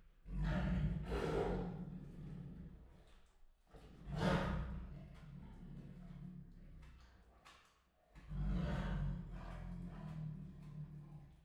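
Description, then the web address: Siberian tiger giving three deep, breathy bursts, roughly four seconds apart, with low rumbling between them. Two sister females kept at Miskolc Zoo, recorded in 2018. "allathangok miskolcizoo 2018 sziberiai tigris ketnostenytestver miskolczoo"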